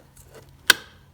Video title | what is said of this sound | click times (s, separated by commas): Zero turn not starting - How to replace Electrical Relay | you're really carefully maneuver it back into place underneath the fuse box and shift it upward until it clicks just | 0.7 s